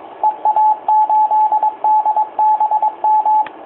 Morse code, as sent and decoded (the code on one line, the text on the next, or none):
. .- ---.. -.. -... --
EA8DBM